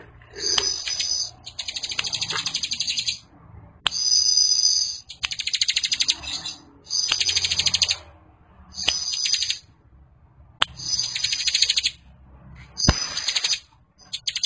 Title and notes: Kicau Ciblek. putri sherin. suara burung ciblek gacor dan anakan